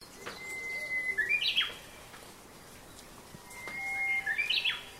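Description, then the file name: Japanese bush warbler song: a long, steady whistled note followed by a quick, bright flourish, given twice about three seconds apart. "uguisu"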